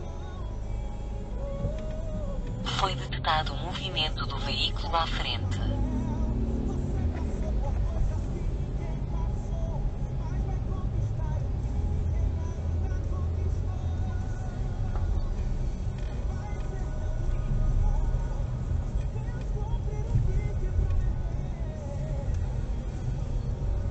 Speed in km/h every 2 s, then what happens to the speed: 0, 6, 11, 12, 13, 12, 10, 9, 10, 12, 13, 14.
0-5 pulls away to 12. 5-24 steady at about 12.